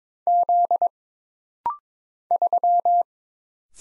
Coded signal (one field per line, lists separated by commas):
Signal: Morse code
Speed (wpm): 23 wpm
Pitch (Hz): 700 Hz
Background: none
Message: Z 3